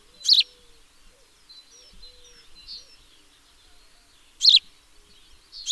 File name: Passer domesticus